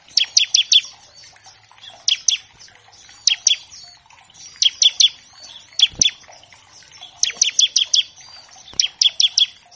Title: Masteran Ciblek Gacor Vs Kenari Gacor Untuk Masteran Semua Jenis Burung. Pancingan Ciblek bahan agar cepat bunyi. Burung Ciblek